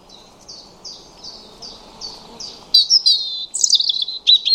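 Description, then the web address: European robin song: soft, evenly repeated high downslurred notes, then a loud, jumbled phrase of warbles and trills. "cianscape birddata 2025 Bird Only Er Ru"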